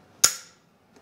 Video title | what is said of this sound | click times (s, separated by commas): Fissler Vitavit Basincli Tencere | And when you hear that click and the red changes to green, you know the lid is locked into place. | 0.2 s